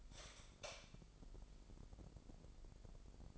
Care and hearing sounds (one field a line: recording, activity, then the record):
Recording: daily activity, microphone in the room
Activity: light on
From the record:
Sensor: 5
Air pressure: 995.5 hPa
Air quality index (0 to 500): 95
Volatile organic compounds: 5 ppm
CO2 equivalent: 1809 ppm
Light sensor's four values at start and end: 35/81/33/33 and 36/86/35/35